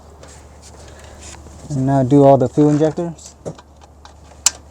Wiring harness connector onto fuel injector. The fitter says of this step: should snap in place you can hear it and